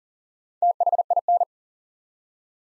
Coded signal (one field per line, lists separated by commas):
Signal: Morse code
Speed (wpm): 38 wpm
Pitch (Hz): 700 Hz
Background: none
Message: THIN